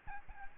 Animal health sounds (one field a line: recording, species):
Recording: mosquito wingbeat signal from an infrared sensor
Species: Aedes albopictus